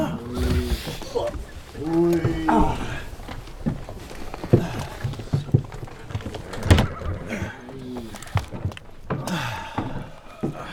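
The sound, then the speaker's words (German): Horses pulling a carriage snort and whinny as the driver whips them, then hooves break into a steady trotting clip-clop that carries on with more snorts and sharp knocks. “Schnaubend traben die Gäule an und schlagartig erhebt sich der Wagen,”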